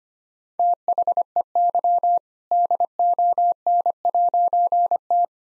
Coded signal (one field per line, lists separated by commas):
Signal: Morse code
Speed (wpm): 25 wpm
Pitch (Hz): 700 Hz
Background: none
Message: THEY DON'T